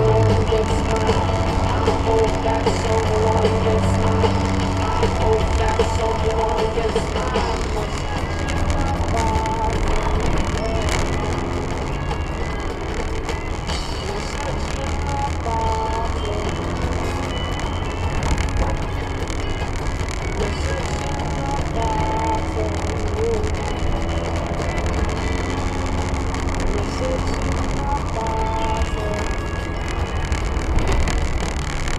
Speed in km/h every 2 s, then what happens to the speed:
64, 65, 58, 59, 60, 56, 55, 61, 57, 53, 57, 61, 62, 60, 52, 48.
0-11 slows to 55. 15-17 brakes to 53. 25-29 brakes to 48.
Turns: none.